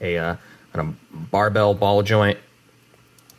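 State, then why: Seated. Someone talks, then pushes an action figure's plastic upper torso, which had been popped off to remove packaging plastic, back onto its barbell-style double ball joint. Two short, sharp clicks at 3.2 s and 3.3 s mark the torso snapping back in and seating on the joint.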